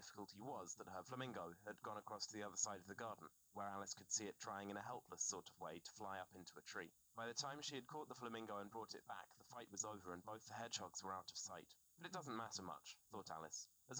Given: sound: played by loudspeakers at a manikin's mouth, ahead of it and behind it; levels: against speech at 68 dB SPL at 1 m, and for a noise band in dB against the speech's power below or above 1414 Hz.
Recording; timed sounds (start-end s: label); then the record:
test signals for a remote microphone
0.00-14.00 s: man speaking
From the record:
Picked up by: remote receiver E, fed by microphone B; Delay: 43 ms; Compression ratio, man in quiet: 2.77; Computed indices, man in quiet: SII 0.989, HASPI 1.000, HASQI 0.404 (non-linear 0.458, linear 0.882), ESTOI 0.745